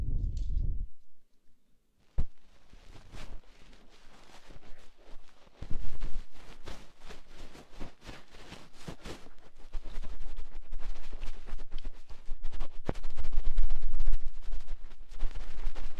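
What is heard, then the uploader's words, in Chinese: A cotton swab cleaning an ear: after a brief low thump and a second of near quiet, dense crackly scratching and rubbing begins around two seconds in. The rustle is continuous with frequent sharp clicks, growing steadier and louder after about ten seconds. 棉签清洗耳朵。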